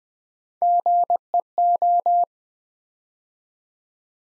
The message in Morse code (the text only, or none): GEO